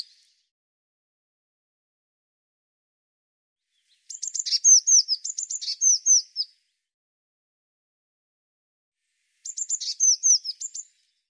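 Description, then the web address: Bird giving two series of high, slurred notes that dip and fall, separated by a pause. "cianscape birddata Deverinetal 2025 File cleaned normalized Bird Cy Ca"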